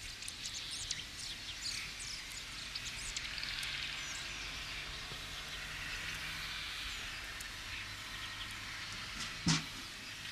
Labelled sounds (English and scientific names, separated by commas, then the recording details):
Great Tit (Parus major) call
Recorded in the wild
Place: Oberstdorf, Bayern, DE
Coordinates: 47.4483, 10.2961
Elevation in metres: 857
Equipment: Uher 4000 Report
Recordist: Tretzel, Erwin